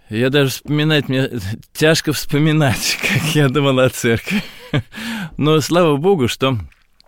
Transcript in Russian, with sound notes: Я даже вспоминать... Тяжко вспоминать, как я думал о Церкви. (Смеется.) Но слава Богу, что